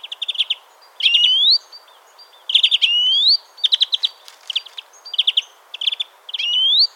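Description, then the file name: European greenfinch twittering in short bursts of rapid trilled notes, broken by three long nasal wheezes that rise sharply at the end. "Chloris chloris"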